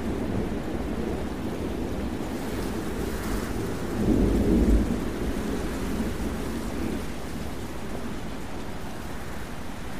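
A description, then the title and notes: A thunderstorm: a steady, dense rush of rain and wind fills the whole ten seconds with a deep, low rumble underneath. Around the four-second mark a louder swell of thunder rolls through for about a second, then settles back into the constant wash. Thunderstorm Sounds. Wind White Noise. Lightning & Thunder.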